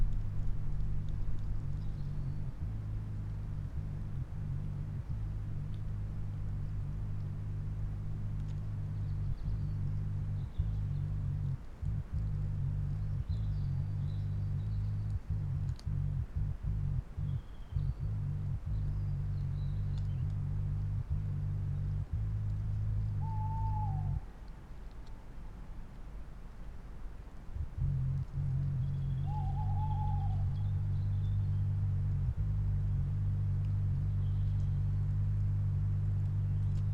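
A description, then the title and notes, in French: A large moth sits close to the microphones, fanning its wings in a steady, deep buzzing drone that runs almost the whole time, pausing briefly around 24–28 seconds. Scattered soft clicks, two short chirps and faint bird calls come from the surrounding forest. Forêt de la Sarcena - Nagra LB - stéréo - mkh20. Le début du chorus du matin est couvert par un événement inattendu, l'éclosion d'un gros papillon de nuit (non déterminé) qui vient se poser près des micros pour renforcer la force de ses ailes. Ainsi le vrombissement apparaît et restera continu pendant douze minutes.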